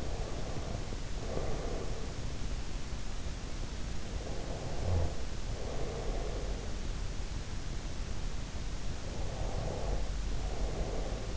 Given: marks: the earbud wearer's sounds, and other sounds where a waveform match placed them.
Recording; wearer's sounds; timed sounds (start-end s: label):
sounds in sleep by an in-ear microphone; breath
0.00-2.32 s: breath
3.88-6.82 s: breath
9.21-11.37 s: breath